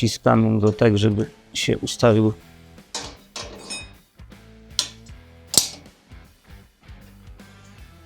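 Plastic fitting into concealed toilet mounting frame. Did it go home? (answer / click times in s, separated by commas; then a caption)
yes / 4.8 s. A plastic fitting is pressed into place on a concealed WC mounting frame until it seats, while someone talks over background music. A sharp, loud click comes at 4.8 s as the fitting snaps into the frame, and it is seated.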